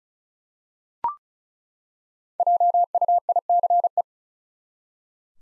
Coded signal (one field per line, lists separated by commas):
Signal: Morse code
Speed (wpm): 36 wpm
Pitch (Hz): 700 Hz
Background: none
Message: JUICE